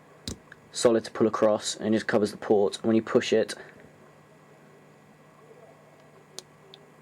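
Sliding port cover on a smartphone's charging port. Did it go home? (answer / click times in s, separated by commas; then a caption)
yes / 6.4 s, 6.7 s. A sliding cover over the USB charging port of a Samsung Galaxy S smartphone is pushed across until it locks shut. Someone talks, then after a quiet pause two short clicks sound at 6.4 and 6.7 seconds. The cover is seated and stays put.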